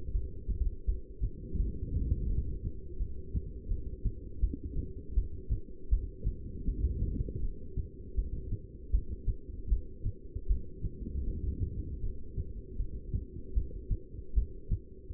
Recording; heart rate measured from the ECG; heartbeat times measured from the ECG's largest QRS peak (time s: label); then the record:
heart sounds by stethoscope; 80 bpm
0.13 s: heartbeat
0.87 s: heartbeat
1.58 s: heartbeat
2.28 s: heartbeat
2.99 s: heartbeat
3.69 s: heartbeat
4.41 s: heartbeat
5.16 s: heartbeat
5.91 s: heartbeat
6.66 s: heartbeat
7.42 s: heartbeat
8.16 s: heartbeat
8.92 s: heartbeat
9.70 s: heartbeat
10.48 s: heartbeat
11.26 s: heartbeat
12.02 s: heartbeat
12.78 s: heartbeat
13.55 s: heartbeat
14.35 s: heartbeat
From the record:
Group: heart failure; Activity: rest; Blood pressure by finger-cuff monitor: 171/105 mmHg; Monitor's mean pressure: 129 mmHg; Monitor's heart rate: 80 bpm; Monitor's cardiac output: 8.6 L/min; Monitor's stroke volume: 107 mL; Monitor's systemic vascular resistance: 1130 dyn s/cm5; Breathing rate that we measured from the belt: 13 breaths a minute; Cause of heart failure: non-ischemic cardiomyopathy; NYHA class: 1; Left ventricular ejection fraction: 62%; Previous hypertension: present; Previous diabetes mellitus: present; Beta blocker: bisoprolol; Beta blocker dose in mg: 10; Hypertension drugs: sacubitril-valsartan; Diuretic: furosemide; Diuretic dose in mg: 20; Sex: male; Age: 49 years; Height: 167 cm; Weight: 110 kg